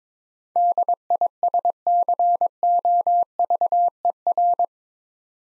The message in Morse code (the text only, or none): DISCOVER